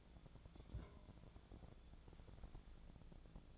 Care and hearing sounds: daily activity, microphone in the room; take from stove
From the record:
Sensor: 5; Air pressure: 1000.1 hPa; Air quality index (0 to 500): 97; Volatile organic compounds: 1 ppm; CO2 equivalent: 787 ppm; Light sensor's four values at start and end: 359/834/366/413 and 354/825/361/406

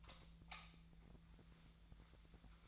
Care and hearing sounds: daily activity, microphone in the room; light off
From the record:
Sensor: 3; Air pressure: 1009.8 hPa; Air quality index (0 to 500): 191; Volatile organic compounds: 15 ppm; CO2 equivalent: 2484 ppm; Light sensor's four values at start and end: 44/115/48/49 and 37/92/39/42

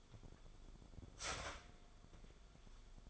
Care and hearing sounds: daily activity, microphone in the room; start toaster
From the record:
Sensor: 5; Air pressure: 1014.8 hPa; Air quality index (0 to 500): 208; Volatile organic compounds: 10 ppm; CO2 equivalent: 2210 ppm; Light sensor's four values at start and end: 13/32/12/11 and 13/32/12/11

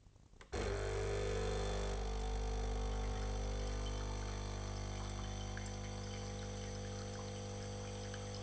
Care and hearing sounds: daily activity, microphone in the room; make coffee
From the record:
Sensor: 4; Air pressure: 1008.2 hPa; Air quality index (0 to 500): 119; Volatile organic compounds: 1 ppm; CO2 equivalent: 872 ppm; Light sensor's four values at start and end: 9/19/8/8 and 12/26/11/11

